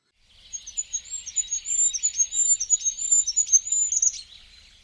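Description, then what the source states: Goldcrest song: a high, thin, fast series of alternating notes lasting about four seconds and ending in a flourish, with faint background hiss and low thumps. Very high-pitched song and calls that many people cannot hear or hear only up close; used as a hearing test on bird-song walks.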